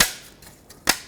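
An emblem is slid into a new plastic front grille for a 2003–2008 Toyota Corolla and pressed until its clips snap home, giving a sharp click at 0.0 s. A second sharp snap follows at about 0.9 s, with fainter ticks in between. The emblem is seated and secured in the grille.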